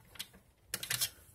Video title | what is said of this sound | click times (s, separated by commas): Mod Guide - Nerf Longshot Mod Build Log [Part 4] : Sleeper Breech Finished | sure my everything's aligned pull it to lock into place | 0.7 s